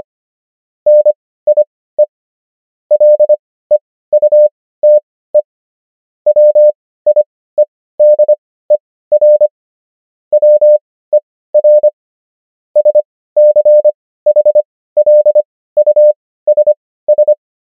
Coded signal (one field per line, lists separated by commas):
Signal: Morse code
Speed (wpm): 25 wpm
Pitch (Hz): 600 Hz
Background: none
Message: NIE LEUTE WIEDER WER SCHLUSS